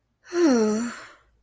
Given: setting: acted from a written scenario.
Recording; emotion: vocal sound without words; romantic love